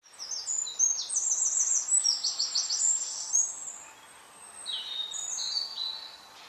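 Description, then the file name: Eurasian wren song: a high, hurried cascade of piercing notes and fast trills, then a pause and another short burst of high notes. "Troglodytes troglodytes"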